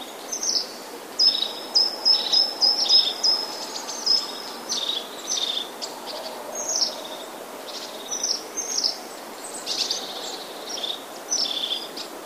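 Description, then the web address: Crested Tit calls, a busy series of very high, thin notes and short buzzy trills, irregularly repeated over steady background hiss. "wroblowe ptaki czubatki"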